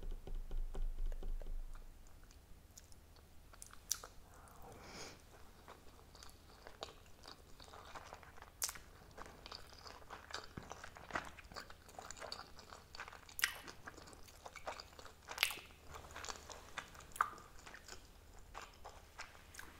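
Steady chewing of sushi with soft wet bites and frequent sharp clicks, a brief low rumble at the start.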